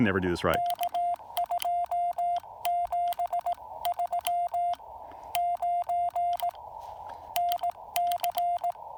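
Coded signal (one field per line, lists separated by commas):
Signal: Morse code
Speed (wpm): 18 wpm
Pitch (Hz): 690 Hz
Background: speech, radio noise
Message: K 2739 NC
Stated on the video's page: CW Parks on the Air activation at Lake James with a Yaesu FT-817ND and no antenna tuner.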